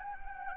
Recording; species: mosquito wingbeat signal from an infrared sensor; Anopheles gambiae